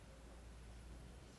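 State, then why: Not seated. The first wristband strap's metallic plate is lined up with the end of a Xiaomi Smart Band 9 band body before being pushed in. Only a steady, quiet background hiss with faint low hum is heard. Nothing has seated or clicked yet.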